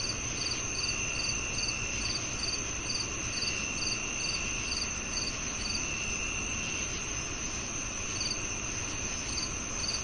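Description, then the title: Cricket song of regular high chirps, pausing for about two seconds in the second half, layered on a steady shrill insect tone and diffuse hiss. Crickets on a calm summer night. "Calming Crickets & Summer Night Sleep Sounds"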